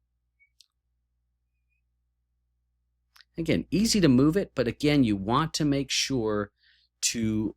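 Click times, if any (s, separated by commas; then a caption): 0.6 s. After the height-adjust lever on an arcade controller stand is unlocked and the column is slid down, the spring lock pin snaps into the next hole of the column with a sharp click at 0.6 s, seating the stand at its new height. A couple of faint ticks follow near 3.2 s, and then someone talks for the rest of the clip.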